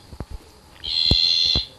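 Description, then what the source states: Slender bleating tree frog bleat: one high, buzzy, steady note lasting under a second, with a few clicks before and during it. Played back as an example of a newly identified frog species; a nice little bleat heard in the background.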